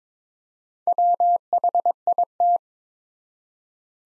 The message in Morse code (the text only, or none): WHIT